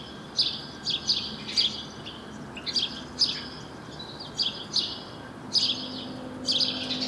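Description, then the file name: House sparrow giving bright, slightly harsh chirps in quick irregular bursts, sometimes doubled, with faint background noise throughout. "Passer domesticus"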